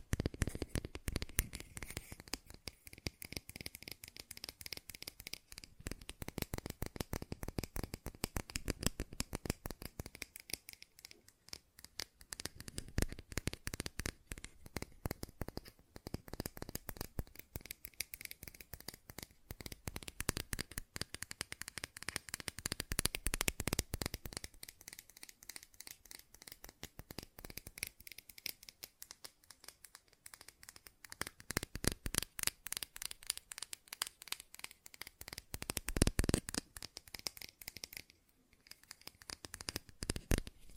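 Fast tapping runs almost nonstop for the whole clip, a dense stream of crisp, dry clicks with a papery, card-shuffling texture. The pace surges in thicker bursts around 6 to 9 seconds, near 23 seconds and near 36 seconds, with brief thinner gaps near 11, 25 and 38 seconds.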